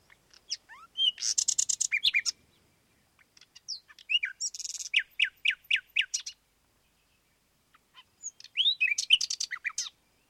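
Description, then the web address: Common nightingale song in three bursts: rapid rattling trills, swooping whistled notes and fast repeated clicks, with pauses of about a second or more between phrases. "Sound Effects-BBC Birds Nightingales"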